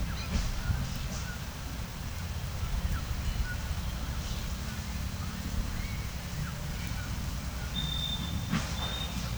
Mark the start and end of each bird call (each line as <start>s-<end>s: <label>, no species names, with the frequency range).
0.12s-1.40s: bird call (1.0-6.8 kHz)
2.28s-3.60s: bird call (0.9-2.3 kHz)
4.74s-9.11s: bird call (1.0-3.9 kHz)